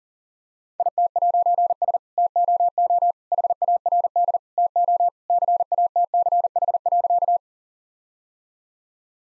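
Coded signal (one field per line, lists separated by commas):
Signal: Morse code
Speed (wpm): 40 wpm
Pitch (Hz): 700 Hz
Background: none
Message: IT'S TOO HARD TO CATCH.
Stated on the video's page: Morse code practice at 40 wpm, jokes with contextual priming.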